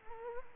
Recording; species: mosquito wingbeat signal from an infrared sensor; Culex quinquefasciatus